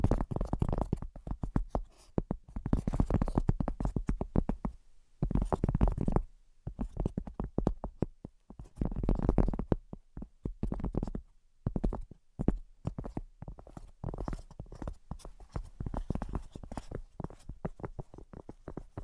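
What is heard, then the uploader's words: Fast, dense tapping runs in bursts, each made of rapid, sharp taps with a mostly low, thumping body and some brighter click at the top. Short gaps break the flurries, near 5, 7, 11 and 12.5 seconds, before the tapping resumes at a similar pace. Brain Penetrating 3D Tapping.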